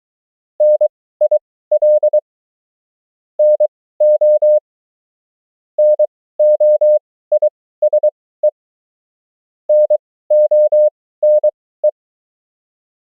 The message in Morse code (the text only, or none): NIL NO NOISE NONE